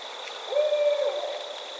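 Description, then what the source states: Barred owl giving a single hoot, a brief flat-pitched note lasting about half a second, over a thin steady high-pitched hum. Recorded on 22 October 2010.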